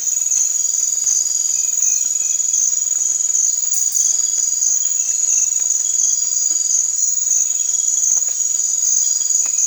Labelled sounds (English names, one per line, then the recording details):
none
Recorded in dense forest near Puerto Asís, Putumayo, Colombia, on 20 December 2024 at 03:00
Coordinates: 0.468, -76.322
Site G071